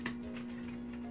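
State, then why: Not seated. A plastic end panel is handled as it is pushed toward one end of a tablet case frame, with a short tick near the start over a steady low hum. Nothing has seated or clicked into place yet.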